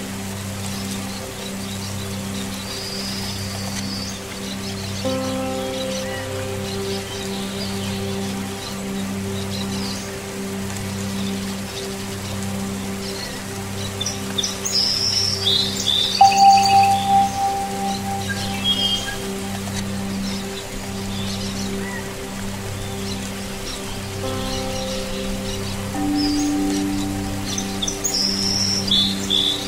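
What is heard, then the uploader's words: Soft steady rain under sustained, humming singing bowl tones that swell and overlap, with bright bird chirps scattered throughout, busiest mid-clip. Rain Sounds with Tibetan Singing Bowls and Birds chirping.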